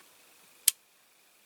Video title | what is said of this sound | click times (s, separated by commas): A QUICK TOUR OF MY SHED & A CUSTOM RESTORATION OF A MATCHBOX MASSEY-FERGUSON 165 TRACTOR. | That's it, that's better. Click. | 0.7 s